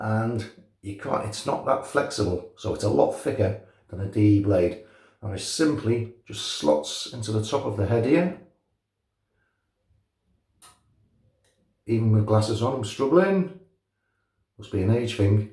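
Someone talks while slotting a thick, stiff single-edge blade into the top of the metal head of a OneBlade Core single edge razor, struggling to see and line it up. A quiet pause is broken only by faint, soft handling ticks around 10.7 s and 11.5 s before the talking resumes. The blade is only being lined up, and nothing has seated or clicked yet.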